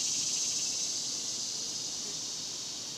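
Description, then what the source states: Cicadas giving a brief, continuous high buzzing drone that fades slightly. Daytime cicadas recorded outdoors in a cemetery in summer.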